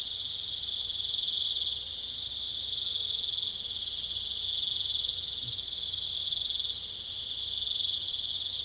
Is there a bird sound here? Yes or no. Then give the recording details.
no. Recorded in pastures near Puerto Asís, Putumayo, Colombia, on 21 December 2024 at 20:30. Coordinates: 0.486, -76.323. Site GP01